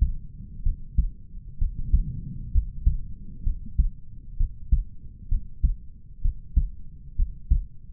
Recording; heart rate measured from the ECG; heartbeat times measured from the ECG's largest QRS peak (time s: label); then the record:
heart sounds by stethoscope; 64 bpm
0.63 s: heartbeat
1.59 s: heartbeat
2.52 s: heartbeat
3.44 s: heartbeat
4.37 s: heartbeat
5.29 s: heartbeat
6.22 s: heartbeat
7.16 s: heartbeat
From the record:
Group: healthy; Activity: rest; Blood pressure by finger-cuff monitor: 96/73 mmHg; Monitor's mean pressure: 81 mmHg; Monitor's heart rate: 64 bpm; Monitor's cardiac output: 4.7 L/min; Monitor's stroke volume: 74 mL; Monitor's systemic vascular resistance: 1250 dyn s/cm5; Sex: male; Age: 20 years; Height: 187 cm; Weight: 68.9 kg